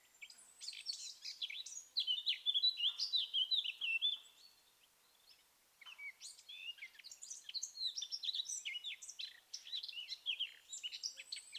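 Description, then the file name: Eurasian blackcap song, a hurried scratchy warble, then after a pause another long varied phrase. "Sylvia atricapilla"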